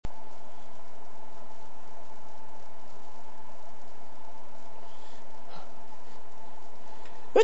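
Two brief, muffled bursts near the end over a steady background hum: an adult man stifling sneezes.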